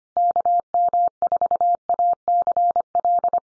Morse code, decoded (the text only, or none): KM4ACL